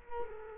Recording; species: mosquito wingbeat signal from an infrared sensor; Culex quinquefasciatus